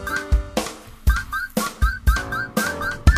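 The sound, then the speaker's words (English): A high whistled melody slides between notes over a steady, thumping beat roughly twice a second, with bass and other instruments underneath and no one talking. “I like the whistling.”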